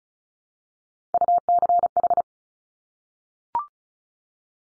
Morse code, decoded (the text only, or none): UCH